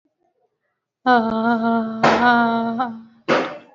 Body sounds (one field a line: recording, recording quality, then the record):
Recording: sustained vowel as in made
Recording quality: excellent, no background noise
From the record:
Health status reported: recovered from COVID-19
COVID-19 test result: positive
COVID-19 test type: RT-PCR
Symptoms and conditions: cough, sore throat, fatigue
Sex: female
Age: 33 years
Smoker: no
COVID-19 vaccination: both doses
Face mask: worn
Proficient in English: yes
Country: India